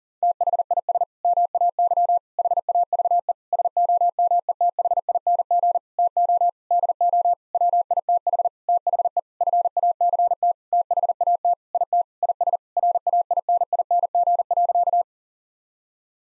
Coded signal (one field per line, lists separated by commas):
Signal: Morse code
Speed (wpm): 40 wpm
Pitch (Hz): 700 Hz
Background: none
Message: THIS MAY HAVE SOMETHING TO DO WITH THE FACT THAT IT IS RAINING.